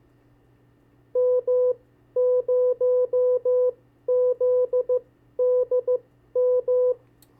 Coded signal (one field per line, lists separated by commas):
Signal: Morse code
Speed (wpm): 15 wpm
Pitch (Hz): 500 Hz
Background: none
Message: M0ZDM